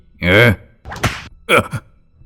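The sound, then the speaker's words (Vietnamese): A sharp, strident cry rings out, followed by a loud whip crack and then a quick pair of snapping lashes, each a bright, harsh burst that cuts off fast, as a whip wrapped in red thread strikes a man hard across the face, knocking him backward. “Tên tà sư còn chưa chạm được vào Dương đã bị một chiếc trôi quất mạnh vào mặt, khiến cho hắn ta ngã bật ra sau.”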